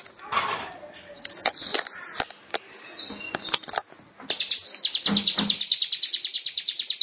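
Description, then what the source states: Lovebird chirps and sharp clicks at first, then a fast high rattling trill of evenly repeated pulses starting partway through and running to the end. Long ngekek song (ngekek panjang) style.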